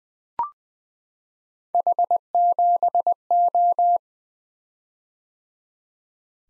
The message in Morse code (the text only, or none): H7O